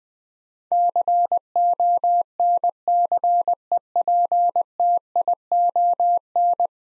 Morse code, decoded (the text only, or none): CONCEPTION